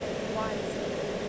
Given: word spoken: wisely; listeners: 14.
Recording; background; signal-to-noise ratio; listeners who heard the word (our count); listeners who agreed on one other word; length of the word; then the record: one English word in noise, from a listening test; speech-shaped noise; -6.7 dB; 1 of 14; 9 of 14; 0.89 s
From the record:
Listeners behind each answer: 9, 2, 1, 1, 1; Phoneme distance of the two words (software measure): 14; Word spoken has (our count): 2 syllables, 5 phonemes, stress on syllable 1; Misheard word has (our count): 1 syllable, 3 phonemes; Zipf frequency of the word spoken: 3.63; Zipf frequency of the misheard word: 4.53